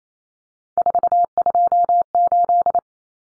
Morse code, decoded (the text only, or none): 428